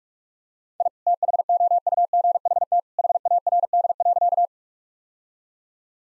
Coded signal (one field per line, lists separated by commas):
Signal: Morse code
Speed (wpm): 46 wpm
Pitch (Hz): 700 Hz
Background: none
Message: I THOUGHT HARD.